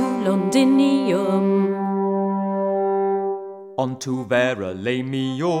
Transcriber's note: echo